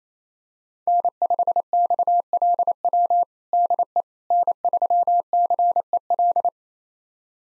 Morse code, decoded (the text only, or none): N5XLW DE N3CEL